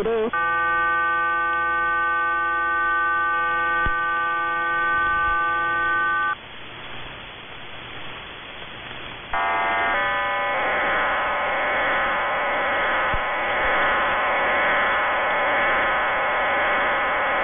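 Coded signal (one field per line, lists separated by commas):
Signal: numbers station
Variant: HM01, RDFT digital mode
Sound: chord of steady tones, brief hiss, then short tone burst and continuous wide warbling digital hiss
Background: radio static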